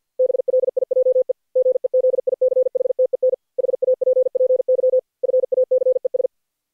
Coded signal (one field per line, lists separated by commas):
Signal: Morse code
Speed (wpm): 40 wpm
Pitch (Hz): 510 Hz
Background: none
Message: BLIJE GEZICHTEN HAPPY FACES